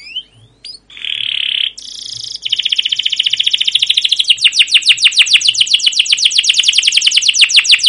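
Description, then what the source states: Canary song: a few short sweeping notes and a buzzy burst, then a steady roll of rapid repeated chirps building in loudness. Canary song used as a lure to train other canaries; described as long, energetic rolling song with 'cuit cuit' notes.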